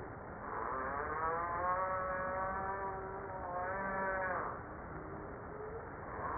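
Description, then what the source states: Humpback whale song units: long tonal moans with many stacked harmonics, sliding gently up and down, over steady underwater hiss. Recorded 5 March 1994.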